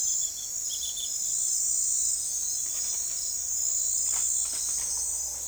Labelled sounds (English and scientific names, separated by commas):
none